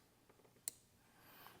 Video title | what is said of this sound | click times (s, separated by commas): Sig Sauer MPX, Full disassembly and reassembly | it should pop into place and then again by looking at it you should see these two little | 0.7 s